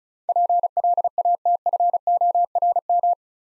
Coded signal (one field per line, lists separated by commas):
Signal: Morse code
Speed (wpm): 34 wpm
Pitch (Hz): 700 Hz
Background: none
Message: PLATFORM